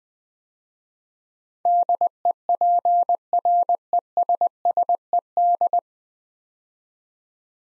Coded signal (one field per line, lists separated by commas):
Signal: Morse code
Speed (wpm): 20 wpm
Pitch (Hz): 700 Hz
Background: none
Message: DEPRESSED